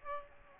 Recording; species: mosquito wingbeat signal from an infrared sensor; Aedes aegypti